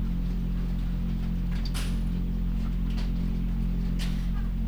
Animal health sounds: poultry house recording; sick chickens (respiratory disease)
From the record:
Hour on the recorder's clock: 3

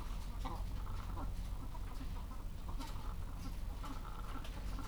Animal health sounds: poultry house recording; sick chickens (respiratory disease)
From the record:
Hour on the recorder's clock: 14

